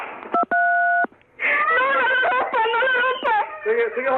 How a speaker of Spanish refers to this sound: Hello. ¿Estás llorando de verdad?